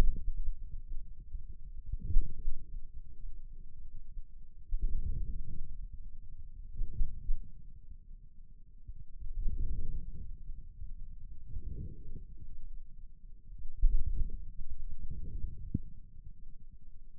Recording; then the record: forearm muscle sounds (acoustic myography)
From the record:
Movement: inward rotation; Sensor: system 2, bracelet of six BSWA MPA416 microphones around the upper forearm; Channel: 4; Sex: male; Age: 22 years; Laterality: right